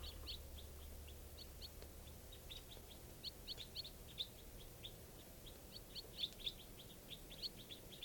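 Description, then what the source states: Crossbills calling: a flock giving many quick, sharp chip notes, overlapping and irregular, steady throughout. Flock of about eight wild crossbills calling from the top of a tall lodgepole pine right above camp, at 5:05 p.m.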